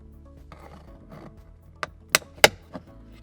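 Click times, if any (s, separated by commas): 2.1 s, 2.4 s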